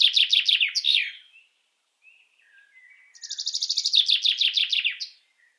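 Common chaffinch song: a trill closing with a flourish, followed by soft faint notes and another trilled phrase.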